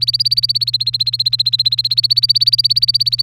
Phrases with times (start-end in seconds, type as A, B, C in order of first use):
0.00-3.22 A